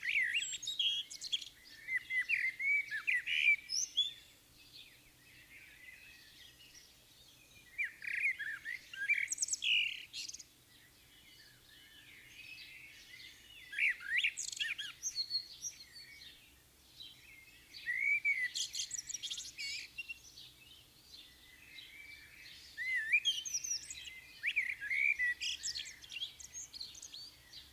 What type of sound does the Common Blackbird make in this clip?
song